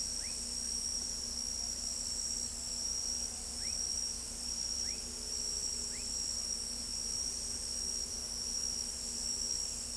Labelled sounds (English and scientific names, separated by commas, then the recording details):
none
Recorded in pastures near Pivijay, Magdalena, Colombia, on 3 June 2023 at 00:00
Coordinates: 10.456, -74.369
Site P6-G026